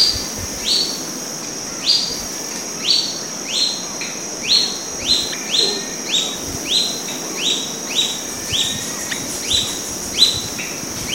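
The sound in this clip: Bird calls: a steady series of short, high sweeping notes repeated roughly every half second to second, over a continuous thin high hum and outdoor background.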